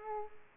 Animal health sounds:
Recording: mosquito wingbeat signal from an infrared sensor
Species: Aedes aegypti

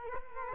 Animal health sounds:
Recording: mosquito wingbeat signal from an infrared sensor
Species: Culex quinquefasciatus

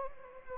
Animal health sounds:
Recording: mosquito wingbeat signal from an infrared sensor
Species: Anopheles gambiae

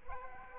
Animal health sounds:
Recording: mosquito wingbeat signal from an infrared sensor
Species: Aedes aegypti

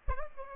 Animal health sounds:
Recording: mosquito wingbeat signal from an infrared sensor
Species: Aedes aegypti

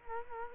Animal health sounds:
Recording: mosquito wingbeat signal from an infrared sensor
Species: Culex quinquefasciatus

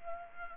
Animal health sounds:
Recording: mosquito wingbeat signal from an infrared sensor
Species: Culex pipiens

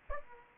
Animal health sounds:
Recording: mosquito wingbeat signal from an infrared sensor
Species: Aedes aegypti

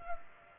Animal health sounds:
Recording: mosquito wingbeat signal from an infrared sensor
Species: Culex pipiens

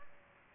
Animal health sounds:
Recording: mosquito wingbeat signal from an infrared sensor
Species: Aedes aegypti

